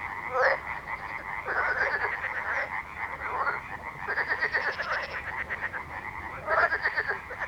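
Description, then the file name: Frogs croaking in a dense chorus, rapid rattling pulses overlapping in bursts, with higher chirping calls and no pause in the background din. Frog ambience. "atmos frogs"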